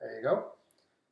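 After removal, a battery is being pushed back into a SimplyGo Mini portable oxygen concentrator while someone talks. Only faint handling ticks are heard near 0.7 s and 0.8 s. The clip ends before the battery goes home, and nothing has seated or clicked yet.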